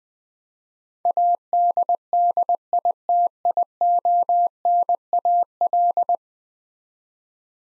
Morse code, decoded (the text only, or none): ADDITIONAL